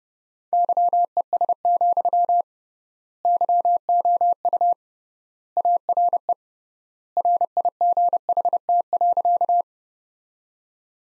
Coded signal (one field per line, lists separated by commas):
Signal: Morse code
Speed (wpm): 29 wpm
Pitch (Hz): 700 Hz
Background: none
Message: YES, YOU ARE RIGHT.